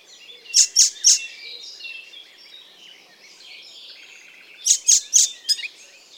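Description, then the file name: Icterine warbler song: two groups of three loud, sharp notes separated by quieter, rambling twittering. "Ruud van Beusekom - Zelenaya peresmeshka Hippolais icterina"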